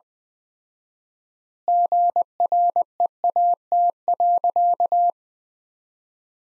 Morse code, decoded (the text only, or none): GREAT.